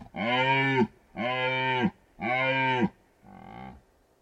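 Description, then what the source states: Red deer rutting roars: three loud, steady bellows in quick succession, followed by a weaker, quieter fourth. Stags rutting in the Carpathian Mountains, Bucovina, Romania.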